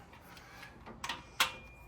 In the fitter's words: Exactly. Makes a little click.